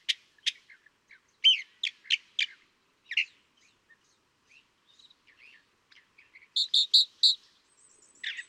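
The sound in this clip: California thrasher singing a jumbled series of sharp clicks, chuckles and scratchy notes, then a quick run of bright repeated phrases near the end.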